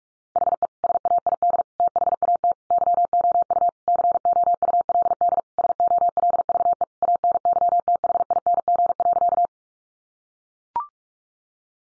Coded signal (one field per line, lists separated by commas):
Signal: Morse code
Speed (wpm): 44 wpm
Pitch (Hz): 700 Hz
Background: none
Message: HE SAID THAT YOU COULD SOLVE ANYTHING.